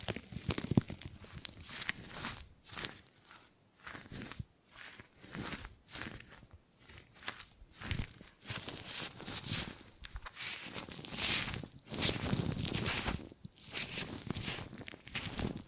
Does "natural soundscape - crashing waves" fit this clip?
no